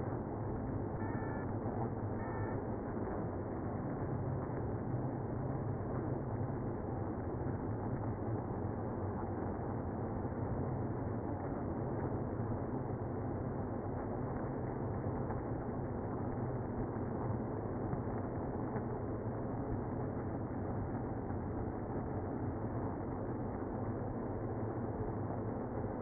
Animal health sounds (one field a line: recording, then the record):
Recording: honeybee colony, microphone inside the hive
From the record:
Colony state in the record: queenless (queen removed)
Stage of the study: after two queens were removed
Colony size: about 60,000 bees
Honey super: yes